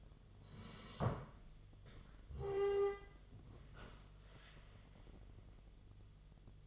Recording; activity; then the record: daily activity, microphone in the room; sit down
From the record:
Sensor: 4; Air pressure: 1006.1 hPa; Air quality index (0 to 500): 107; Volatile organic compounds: 3 ppm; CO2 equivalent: 1338 ppm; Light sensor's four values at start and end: 12/28/11/10 and 12/28/11/10